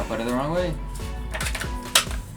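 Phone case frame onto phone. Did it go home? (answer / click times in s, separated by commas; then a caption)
yes / 2.0 s. Someone talks while fitting a SUPCASE case frame onto an iPhone 13 Pro or 13 Pro Max, after first putting it on the wrong way and then refitting it. A few light clicks and taps come first, then a loud snap at 2.0 s as the frame seats on the phone.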